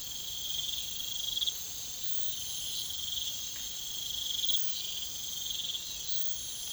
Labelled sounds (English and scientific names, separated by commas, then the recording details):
none
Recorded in pastures near Puerto Asís, Putumayo, Colombia, on 21 December 2024 at 04:30
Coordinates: 0.472, -76.329
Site G072